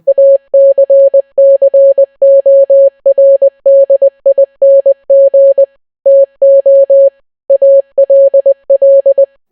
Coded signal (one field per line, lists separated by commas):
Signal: Morse code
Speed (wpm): 20 wpm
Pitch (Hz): 560 Hz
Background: none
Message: ACCORDING TO ALL